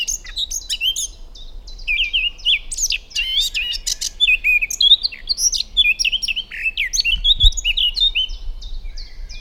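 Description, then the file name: Eurasian blackcap singing a rich, rambling warble of quick chirps, slurred whistles and short trills, high and busy throughout, over faint low background noise. "Sylvia atricapilla"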